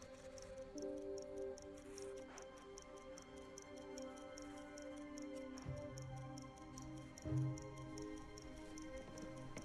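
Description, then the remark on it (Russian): Steady, rapid ticking of an alarm clock at night in an office, its hands turning past one, two and three o'clock, crisp and even in rhythm, running over a low sustained hum with a few deeper tonal swells. “Часы-будильник показывают час, два, три. Часовая стрелка крутится.”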